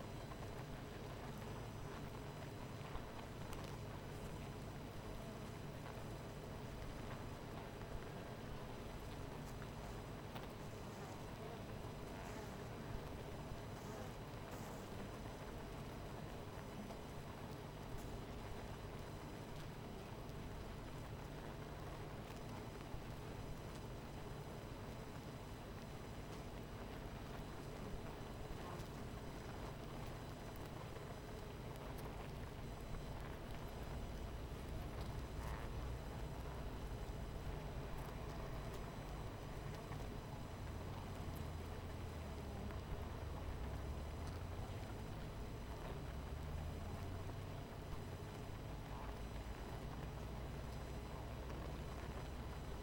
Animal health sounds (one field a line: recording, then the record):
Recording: honeybee colony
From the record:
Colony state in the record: missing queen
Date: 14 July 2017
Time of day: 18:01